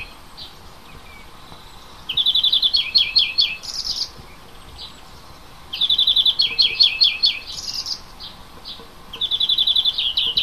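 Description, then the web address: Bird song: three trilled phrases of quick descending notes, the first two ending in a higher buzzy note, repeated about every three and a half seconds. Native forest birds in March. "oeko wald-1 vogel maerz vogel m 3 10 heimisch"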